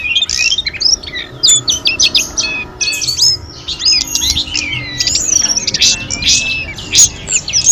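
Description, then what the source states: Sunda robins in full song, bright high whistled phrases and short chatters that overlap in busy bursts. Five birds singing together in a gathering.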